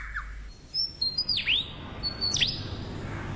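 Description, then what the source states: Lyrebird mimicry song: a brief whistled note, then clear high whistles and two sharp sweeps dropping steeply in pitch, over a soft background hiss. Male; mimics the calls of at least 20 species; sings to attract a female and to outsing his rivals.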